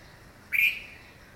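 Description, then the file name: Red-vented bulbul call, a single harsh chirp over quiet hiss. "Pycnonotus cafer - Red-vented Bulbul"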